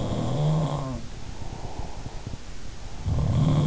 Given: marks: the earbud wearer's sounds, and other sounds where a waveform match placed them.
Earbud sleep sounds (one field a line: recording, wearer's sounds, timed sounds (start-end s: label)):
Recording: sounds in sleep by an in-ear microphone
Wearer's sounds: breath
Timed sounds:
0.00-1.28 s: sound from someone else or the room
1.06-3.39 s: breath
2.91-3.67 s: sound from someone else or the room